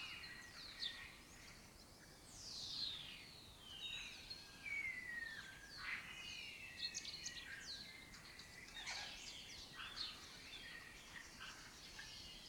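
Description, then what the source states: Lesser kestrels in a dense, overlapping chorus of high, slurred, descending calls. Breeding colony in an abandoned building complex in Doñana; migratory raptor that forages in West Africa and breeds in southern Europe.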